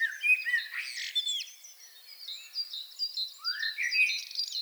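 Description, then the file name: Common blackbird song: warbled whistles with scratchy high notes, then a rising fluty phrase, amid a steady chorus of high-pitched chirping birds. "Turdus merula"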